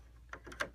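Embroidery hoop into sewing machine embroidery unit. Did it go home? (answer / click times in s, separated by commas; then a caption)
yes / 0.6 s. An embroidery hoop is pushed onto the arm of a sewing machine's embroidery unit, a Pfaff Creative Icon, without holding the release lever. A few short plastic knocks are heard at 0.3 and 0.5 seconds. A sharp click at 0.6 seconds marks the hoop seating on the unit.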